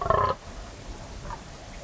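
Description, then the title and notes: Fallow deer groan: one short guttural burst, then quiet. Fallow buck rutting, staking his claim, warning off rivals and guarding his does; 3am, moonless, cold, still autumn night, West Dorset; guttural bellow echoing through combes and hills. "Sound Escape 38: the eerie and dramatic fallow deer rut on a dark Dorset night. It's 3am on an autumn night in West Dorset. A fallow buck is staking his claim, warning off rivals and guarding his does. A guttural bellow that bursts the quiet and echoes through the combes and hills. BBC Countryfile Magazine's Sound Escapes. Recorded by Kevin Parr"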